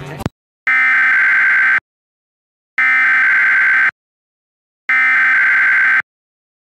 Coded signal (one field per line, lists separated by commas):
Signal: Emergency Alert System (SAME) tones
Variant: header bursts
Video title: EAS Mock: Another BESTcable RWT.